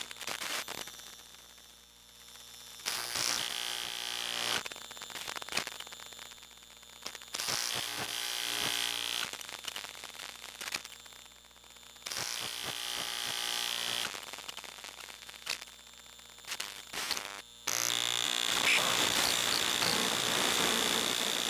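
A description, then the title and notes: A phone starting up, heard as a run of electronic buzzing and humming with a thin, bright hiss that comes and goes in bursts of a few seconds. Sharp clicks cut in throughout, and near the end a steadier, louder noise takes over with a high whine. Nexus 5 Starting Up. A series of recordings performed with an Elektrosluch 3 active induction microphone.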